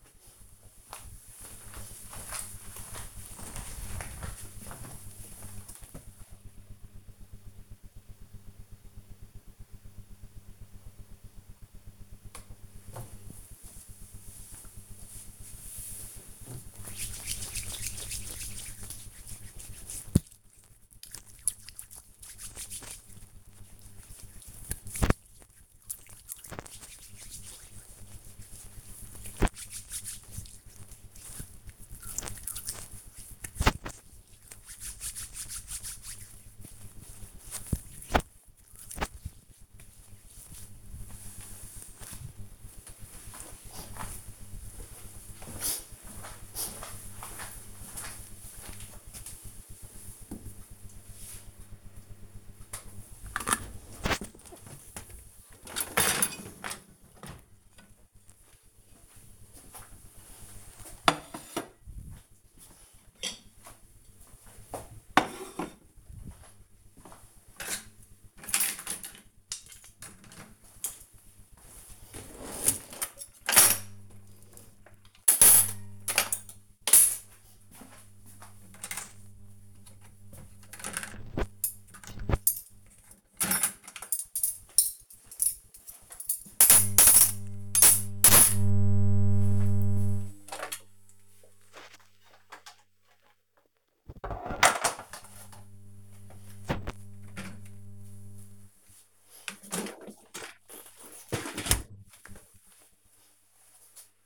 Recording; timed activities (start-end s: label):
household activities, microphone on the right wrist
12.05-41.27 s: cream hands
52.33-101.72 s: cleaning out the dishwasher